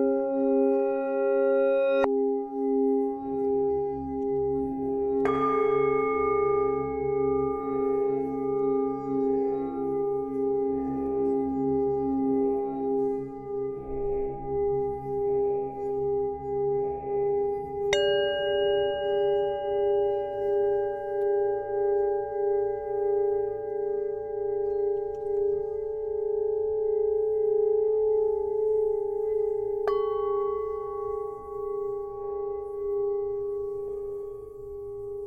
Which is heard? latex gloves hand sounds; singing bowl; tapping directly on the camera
singing bowl